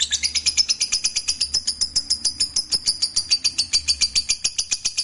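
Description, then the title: Lovebird chatter, quick high twittering pulses repeating rapidly and evenly, with a faint low hum underneath. "Suara Lovebird"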